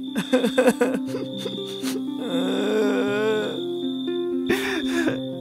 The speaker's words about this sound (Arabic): وظل يبكي حتى نام قبل تناول العشاء.